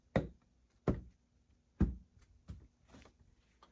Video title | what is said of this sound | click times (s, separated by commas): How to Change Engine Oil and Oil Filter on 2023 Porsche Macan 2.0L Turbo | It snaps in place in four corners. | 0.2 s, 0.9 s